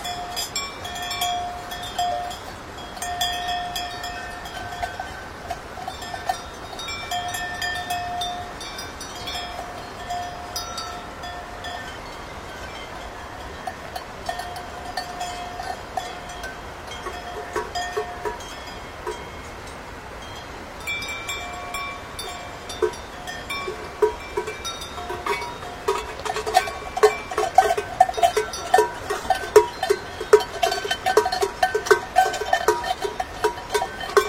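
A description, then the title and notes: Cowbells clank and ring as cows are driven along a mountain road, sparse at first, then denser and brighter after twenty seconds. Driving cows on the mountain road, crisp bells.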